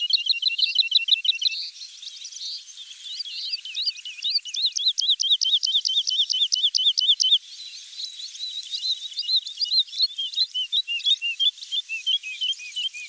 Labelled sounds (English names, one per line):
Wood Lark song